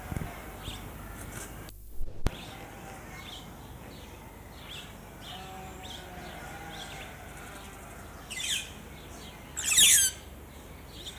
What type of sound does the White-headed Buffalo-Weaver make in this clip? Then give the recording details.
call. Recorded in captivity. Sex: group. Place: Zoo Berlin, Berlin, DE. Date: 2004-05-24 14:58. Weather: overcast, 13°C. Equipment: Sony WM-D6C, Sennheiser ME 80, Kopie Uher 4000 Report Monitor. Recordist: Tembrock, Günter